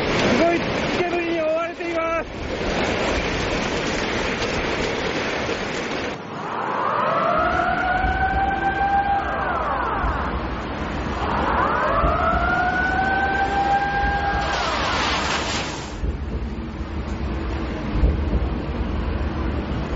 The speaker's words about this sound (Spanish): Hay un sonido grabado de cuando llega la ola a Fukushima y cuando suena la alarma. No digamos nada más.